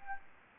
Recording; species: mosquito wingbeat signal from an infrared sensor; Anopheles gambiae